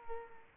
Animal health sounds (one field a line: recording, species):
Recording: mosquito wingbeat signal from an infrared sensor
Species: Culex pipiens